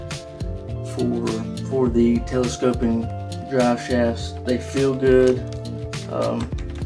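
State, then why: Not seated. Telescoping drive shafts with CV joints on a Traxxas MAXX RC truck are handled while someone talks over background music. A short sharp tap comes at 0.1 s. Nothing has seated or clicked yet.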